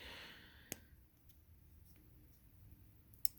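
The small blade of a metal Leatherman Skeletool multitool is swung into position, with a sharp click at 0.7 s and faint ticks just before 3.3 s. At 3.3 s the folding blade's detent lump drops into its hole in the frame with a loud, sharp click, locking the blade in place so it cannot swing freely.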